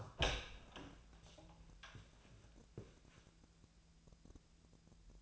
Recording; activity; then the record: daily activity, microphone in the room; open door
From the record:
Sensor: 2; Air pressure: 1000.3 hPa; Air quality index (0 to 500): 166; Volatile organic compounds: 3 ppm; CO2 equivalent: 1386 ppm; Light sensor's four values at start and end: 11/26/11/12 and 11/26/11/12